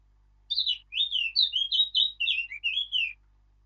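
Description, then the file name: Eurasian blackcap song: a lively run of many warbled, slurred notes chained together over about two and a half seconds, with no other sounds. "Sylvia atricapilla"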